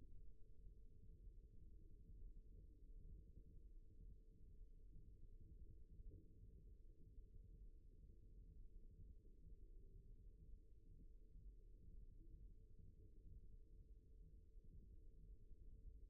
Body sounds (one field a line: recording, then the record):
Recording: forearm muscle sounds (acoustic myography)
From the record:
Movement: rest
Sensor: system 1, eight BSWA MPA416 microphones around the upper forearm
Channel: 2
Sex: male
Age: 54 years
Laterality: right